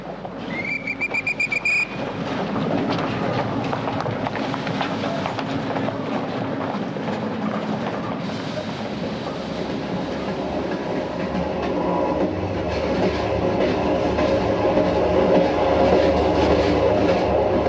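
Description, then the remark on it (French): A short high train whistle sounds at the start, then a steady, loud rumble of a train running on rails with a continuous rhythmic clickety-clack of wheels over the joints. “Prends le train.”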